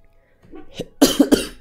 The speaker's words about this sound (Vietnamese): Cố gắng nhịn ho, đọc nó có bị ngắt thì anh em thông cảm nhé.